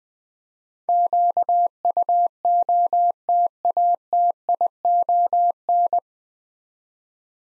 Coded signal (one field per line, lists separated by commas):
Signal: Morse code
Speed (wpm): 20 wpm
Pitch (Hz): 700 Hz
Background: none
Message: QUOTATION